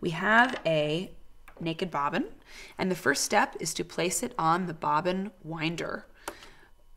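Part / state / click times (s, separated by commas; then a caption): bobbin onto sewing machine bobbin winder spindle / seated / 6.3 s. Someone talks while an empty plastic bobbin is pushed down onto the bobbin winder spindle of a sewing machine. A short, sharp click is heard at 6.3 s as the bobbin seats on the spindle.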